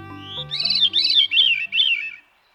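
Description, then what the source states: Veery song: a run of whirling, flute-like phrases spiralling downward, each loop a little lower than the last, over a low steady background tone. Whirling, flute-like song heard in trees of the northern United States and southern Canada during the summer breeding season.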